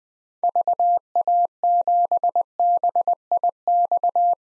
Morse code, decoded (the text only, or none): VA7BIX